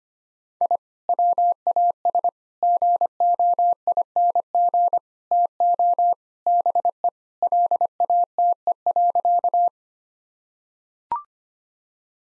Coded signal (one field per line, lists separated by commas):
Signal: Morse code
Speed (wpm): 25 wpm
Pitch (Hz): 700 Hz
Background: none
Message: I WAS GOING TO BE LATE.